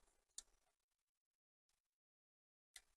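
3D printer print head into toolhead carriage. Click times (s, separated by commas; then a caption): 0.4 s, 2.8 s. A swapped 3D printer print head is pressed in at its two side tabs into the toolhead carriage, giving sharp clicks at 0.4 s and 2.8 s amid soft handling noise. The head is checked and confirmed properly clipped into the carriage.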